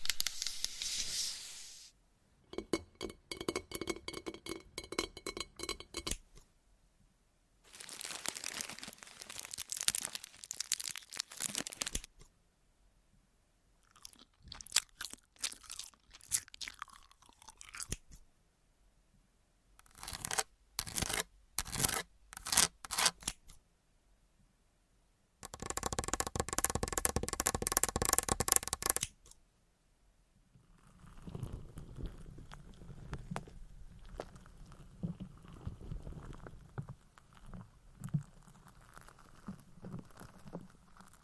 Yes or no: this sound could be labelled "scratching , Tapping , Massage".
yes